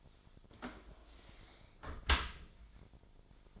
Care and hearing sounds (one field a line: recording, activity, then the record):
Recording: daily activity, microphone in the room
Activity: close dishwasher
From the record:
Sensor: 5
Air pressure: 1003.2 hPa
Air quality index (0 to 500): 129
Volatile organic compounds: 1 ppm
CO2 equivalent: 945 ppm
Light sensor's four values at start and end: 81/198/82/92 and 82/199/82/93